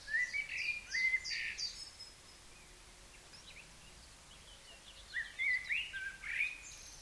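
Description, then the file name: Common blackbird sings a fluty warbled phrase, falls quiet for several seconds, then gives a second, with faint high twittering from other birds in the background. "Turdus merula"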